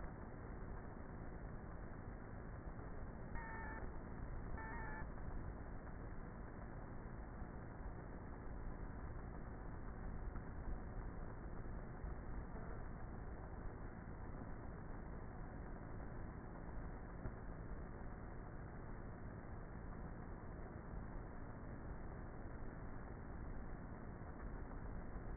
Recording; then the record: honeybee colony, microphone inside the hive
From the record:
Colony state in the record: queenless with a low population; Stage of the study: before two queens were removed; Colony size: about 30,000 bees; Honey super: no